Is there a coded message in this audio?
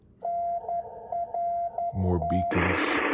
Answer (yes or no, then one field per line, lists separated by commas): yes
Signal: Morse code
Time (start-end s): 0.2-2.5 s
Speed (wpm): 11 wpm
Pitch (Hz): 690 Hz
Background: speech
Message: NRT